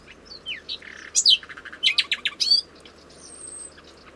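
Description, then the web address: Bird calls: a varied sequence of high chirps, down-slurred whistles and quick stuttering notes, then a thin high whistle, over a low background hum. "Bird Only"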